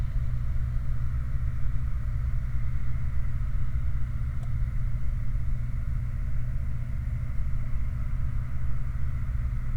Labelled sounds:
machinery
flare stack
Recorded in the Prudhoe Bay oil fields, Alaska, on 29 July 2019 at 04:25
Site 29

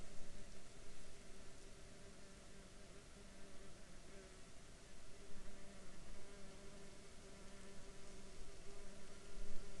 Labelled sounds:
insects
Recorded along the Dempster Highway, Canada, on 23 August 2020 at 20:04
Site 14

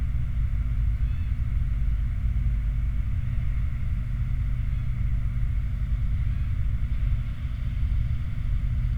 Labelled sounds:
machinery
flare stack
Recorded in the Prudhoe Bay oil fields, Alaska, on 29 July 2019 at 10:02
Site 29

